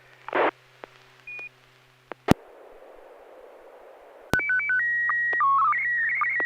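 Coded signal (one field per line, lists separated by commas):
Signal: SSTV (slow-scan television)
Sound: radio hiss and clicks, then alternating tones, a steady whistle, warbling start of image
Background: FM radio static, squelch bursts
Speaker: uh well that came through very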